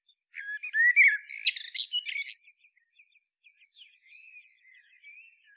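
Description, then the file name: Common blackbird song: a low fluting warble rising into a burst of high twittering, followed by softer, more scattered song notes. "Turdus merula"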